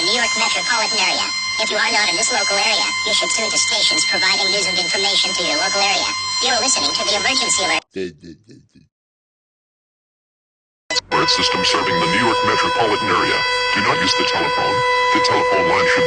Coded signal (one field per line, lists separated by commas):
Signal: dial-up modem handshake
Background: speech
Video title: EAS SCENARIO: Exploding Earth Part 11 The Final